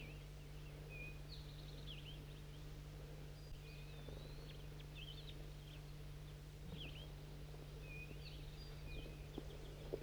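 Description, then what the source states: Crossbill flock calls: sharp chipping notes and short downslurred calls from several birds, scattered throughout over a steady low hum. Flock near a net at 4:03, several males coming down, one perched on the net pole, rest of the flock in a nearby dead pine.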